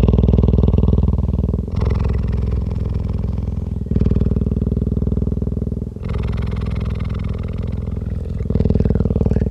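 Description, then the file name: Cheetah purring, a deep continuous rumble of rapid pulses in long phases of about two seconds, each phase broken by a brief pause as it alternates. Adult animal. "Frisson de Midi Adult Cheetah"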